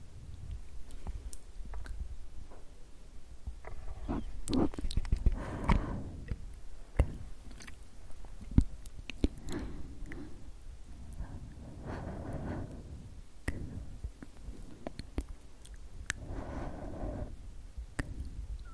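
Soft, tingly "sksk" mouth sounds drift through steady low rumble, with wet clicks and sharp little snaps scattered throughout. Breathy hissing swells rise and fade slowly, clustering around five to six, ten, and sixteen seconds, in an unhurried, irregular rhythm.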